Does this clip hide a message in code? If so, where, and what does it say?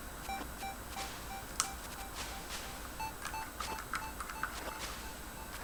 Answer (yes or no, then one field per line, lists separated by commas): no